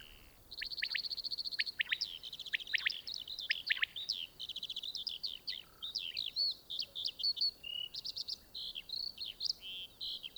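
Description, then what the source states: Eurasian skylark song, a long run of rapid high warbles, trills and buzzy notes. Dawn chorus on the Lesches-en-Diois plateau, 23 May 2020, skylarks taking flight; recorded with Nagra Seven and MKH8020.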